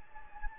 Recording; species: mosquito wingbeat signal from an infrared sensor; Anopheles gambiae